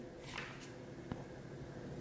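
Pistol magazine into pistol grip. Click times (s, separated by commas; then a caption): 1.1 s. A pistol magazine for a Caracal F 9x19 mm pistol is pushed into the pistol grip, and the magazine catch clips into the notch on the magazine. Against a low steady background, a single short, quiet click at 1.1 s marks the magazine seating.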